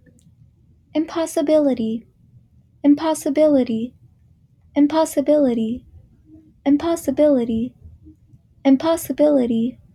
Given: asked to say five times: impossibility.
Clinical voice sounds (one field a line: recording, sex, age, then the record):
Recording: repeated word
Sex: female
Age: 20 to 29 years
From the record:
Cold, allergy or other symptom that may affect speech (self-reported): no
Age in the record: 23 years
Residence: California, United States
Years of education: 16